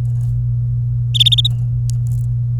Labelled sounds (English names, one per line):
Domestic Canary song